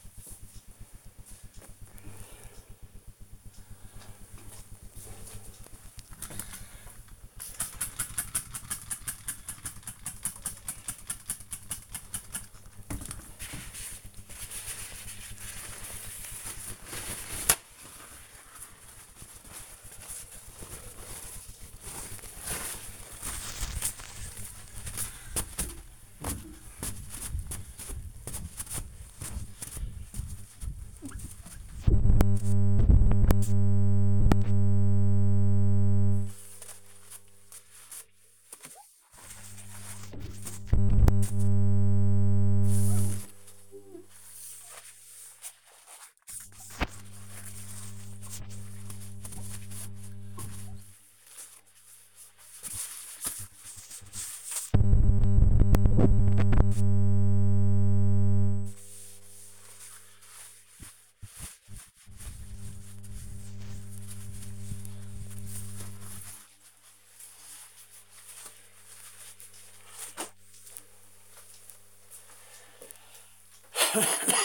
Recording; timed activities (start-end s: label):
household activities, microphone on the right wrist
6.14-69.55 s: window cleaning